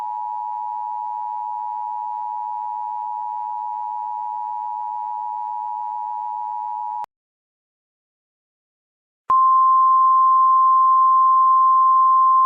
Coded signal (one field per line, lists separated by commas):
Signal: Emergency Alert System (SAME) tones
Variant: 853 and 960 Hz attention tone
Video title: Emergency Alert System Tornado Emergency Alabama